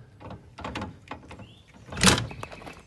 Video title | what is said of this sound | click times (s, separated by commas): İlk Çekme Karavan Deneyimi ! - Hobby Premium 495 UL - First Caravan Experience. #karavan #wohwagen | Bir klik sesi duyacağız. | 0.8 s